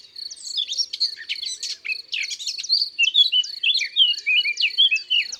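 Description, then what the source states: Eurasian blackcap singing a rapid, varied warble of scratchy and whistled notes. Very common, at the wood edge, heard everywhere now but rarely seen as it stays in foliage; song starts a little grating, then becomes prettily whistled; lives wherever bushes and trees grow, even in towns.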